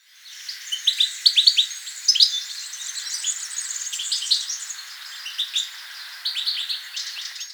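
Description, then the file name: European goldfinch calling: bright, liquid twittering chirps in irregular bursts, with no other clear sounds. "Carduelis carduelis"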